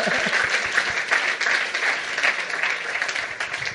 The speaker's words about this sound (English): The young guy maybe who was playing the piano, if you could come and vielleicht. Do some nice. Sounds. You play really well. Applause, yeah, you know.